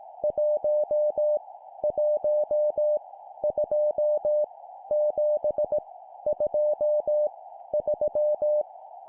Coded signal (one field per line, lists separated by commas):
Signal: Morse code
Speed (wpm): 18 wpm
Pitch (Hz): 600 Hz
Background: none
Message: 1 1 2 7 2 3